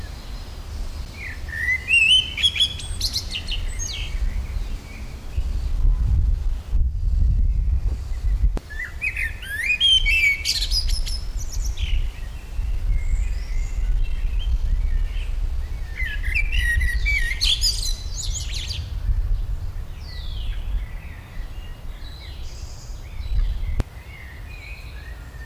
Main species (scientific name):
Turdus merula